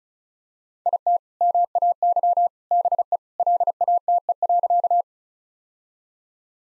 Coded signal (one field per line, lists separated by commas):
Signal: Morse code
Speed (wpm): 36 wpm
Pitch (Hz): 700 Hz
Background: none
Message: IT MAY BE LATE.